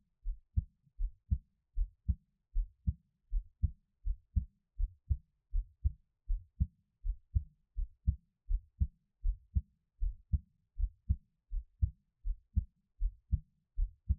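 Steady paired low thumps at about 80 beats a minute: a regular adult heartbeat heard up close.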